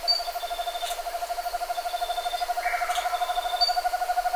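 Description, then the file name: Bird call: a rapid, steady series of low, even hooted pulses running throughout, with faint thin high whistles and a brief downslurred note behind. "SABIOD 50 bird 2015"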